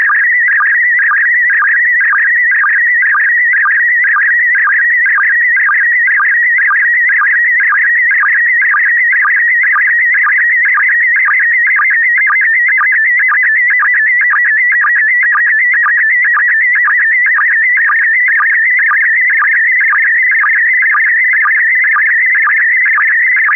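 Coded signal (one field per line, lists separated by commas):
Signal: SSTV (slow-scan television)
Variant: PD120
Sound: warbling tone shifting between pitches, with a short low blip about twice a second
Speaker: yep yep absolutely it's going to be PD 120 PD 120.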